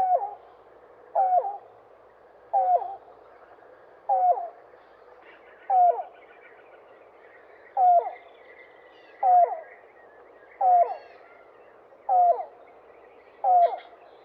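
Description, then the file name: Yellow-billed cuckoo repeating hollow clucking notes roughly every one and a half seconds, about ten in all. "dan-gibsons-solitudes yellow-billed-cuckoo"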